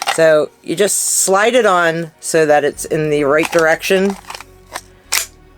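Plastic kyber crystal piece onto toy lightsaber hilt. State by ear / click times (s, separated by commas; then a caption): seated / 5.1 s. Someone talks while sliding the plastic kyber crystal piece onto a toy lightsaber hilt so it faces the right direction, then pushes it down. A small tick sounds at 4.8 s, followed by a sharp click at 5.1 s as the piece locks into place.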